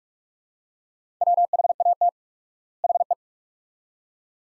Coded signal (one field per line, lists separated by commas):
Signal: Morse code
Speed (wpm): 46 wpm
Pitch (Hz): 700 Hz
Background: none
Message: WHAT HE